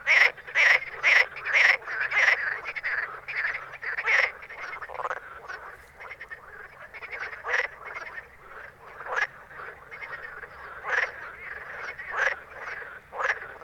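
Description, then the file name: Frogs croaking in quick, rasping bursts, about two a second at first, then thinning to scattered croaks. Recorded at night in Ruaudin in 2013. "Grenouilles Ruaudin nuit 2013"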